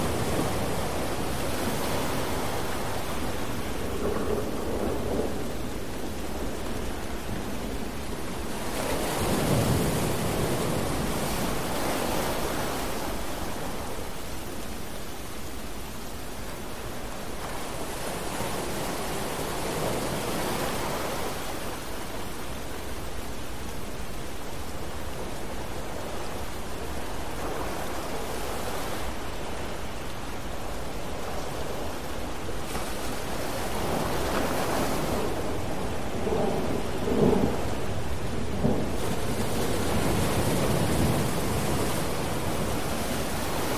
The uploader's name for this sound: Thunderstorm & Rain Sounds With Ocean Waves